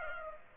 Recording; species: mosquito wingbeat signal from an infrared sensor; Culex pipiens